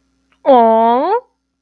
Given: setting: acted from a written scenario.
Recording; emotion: vocal sound without words; adoration